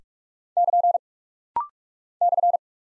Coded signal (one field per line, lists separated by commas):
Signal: Morse code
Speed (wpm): 46 wpm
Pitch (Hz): 700 Hz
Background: none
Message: <KN> /